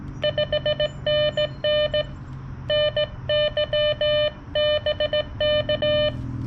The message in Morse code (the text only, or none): 5NN NYBK